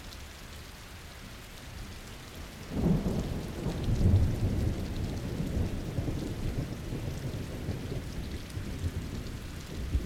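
Steady, soothing rain falls outdoors, a dense even patter spread across the whole clip. Just before the three-second mark a low rumble swells in and lingers, deepening the sound through the middle before easing slightly, while the fine hiss of drops continues throughout.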